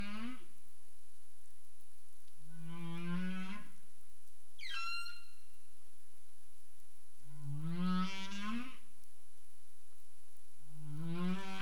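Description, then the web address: Humpback whale vocal units: a series of low harmonic moans with upturned endings, with one short descending high cry between them, the moans repeated every few seconds over constant hiss. Caribbean, 27 April 2035, 21:59 UTC. "CARIMAM. humpback whale 20350427 215931 UTC"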